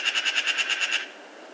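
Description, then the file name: Eurasian magpie making a short, rasping rattle of about nine rapid notes in one second, then falling silent. "Pica pica"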